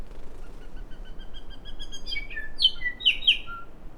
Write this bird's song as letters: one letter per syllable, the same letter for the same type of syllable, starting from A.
A A A A A A A A A A B C D E F F G